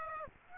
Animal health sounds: mosquito wingbeat signal from an infrared sensor; Aedes aegypti

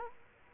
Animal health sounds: mosquito wingbeat signal from an infrared sensor; Culex quinquefasciatus

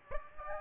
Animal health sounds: mosquito wingbeat signal from an infrared sensor; Aedes aegypti

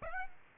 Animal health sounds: mosquito wingbeat signal from an infrared sensor; Aedes aegypti

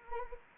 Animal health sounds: mosquito wingbeat signal from an infrared sensor; Anopheles arabiensis

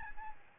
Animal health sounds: mosquito wingbeat signal from an infrared sensor; Aedes albopictus

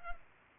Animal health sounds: mosquito wingbeat signal from an infrared sensor; Culex pipiens

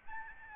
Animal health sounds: mosquito wingbeat signal from an infrared sensor; Aedes albopictus

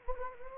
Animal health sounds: mosquito wingbeat signal from an infrared sensor; Anopheles gambiae

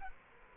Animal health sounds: mosquito wingbeat signal from an infrared sensor; Culex quinquefasciatus

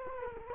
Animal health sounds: mosquito wingbeat signal from an infrared sensor; Culex quinquefasciatus

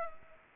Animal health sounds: mosquito wingbeat signal from an infrared sensor; Culex pipiens

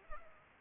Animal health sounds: mosquito wingbeat signal from an infrared sensor; Culex pipiens

